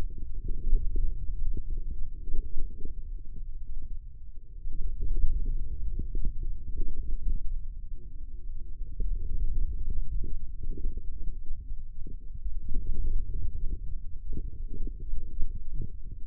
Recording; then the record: forearm muscle sounds (acoustic myography)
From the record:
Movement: hand opening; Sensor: system 2, bracelet of six BSWA MPA416 microphones around the upper forearm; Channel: 6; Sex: male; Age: 22 years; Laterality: right